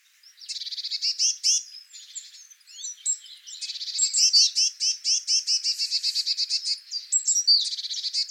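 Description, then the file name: Eurasian blue tit calls: high, bright trilled phrases with rapid repeated notes, broken by short pauses and a few thin scratchy notes, building to a long fast series. "Cyanistes caeruleus"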